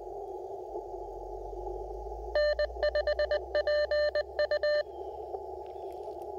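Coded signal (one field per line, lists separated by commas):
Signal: Morse code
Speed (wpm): 17 wpm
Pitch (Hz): 600 Hz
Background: none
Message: N5PU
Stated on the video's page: Real-time CW POTA activation with an Icom IC-705, Morse pocket paddles, a Chameleon portable antenna and an Elecraft T1 tuner.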